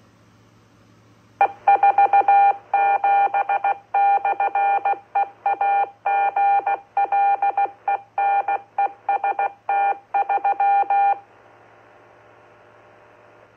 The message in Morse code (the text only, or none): E47/EAGLENEST3